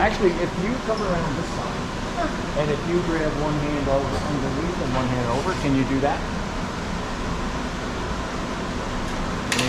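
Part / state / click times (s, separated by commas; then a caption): weight-distribution hitch latch or lever on an RV trailer hitch / seated / 9.5 s. Someone talks while a person grips the weight-distribution hitch latch on an RV trailer hitch, one hand underneath and one over, and pushes it home while hitching the trailer. A sharp click comes at 9.5 s over a steady fan-like hum. The lever seats, and this side gets two clicks while the other side earlier got only one.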